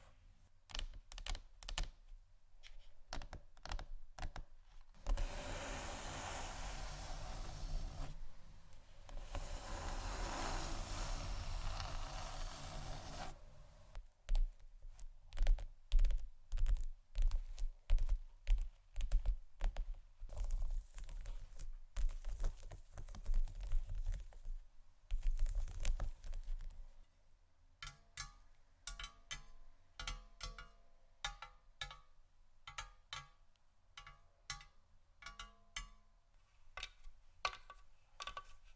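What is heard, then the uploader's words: Fingers tap and scratch on a table surface, starting with quick clicky taps like typing. From about 5 to 14 seconds a steady, hissy scratching takes over, followed by sharp, irregular knocks and more scratching bursts. The last stretch is quieter, with light, scattered taps. ASMR Tap & Scratch On Table Surfaces （No Talking）.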